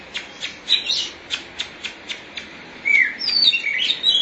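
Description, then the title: Oriental magpie-robin song: a series of sharp ticking notes, then a bright sweeping whistle rising into a varied, warbling phrase. Chirping song (kicauan) of the bird. "Suara Kicauan Burung Kacer Durasi Panjang"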